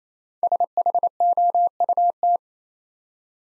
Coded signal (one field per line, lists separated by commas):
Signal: Morse code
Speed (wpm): 27 wpm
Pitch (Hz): 700 Hz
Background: none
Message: SHOUT